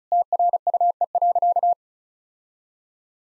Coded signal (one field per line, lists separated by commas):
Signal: Morse code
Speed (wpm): 34 wpm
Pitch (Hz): 700 Hz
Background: none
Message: TRUE.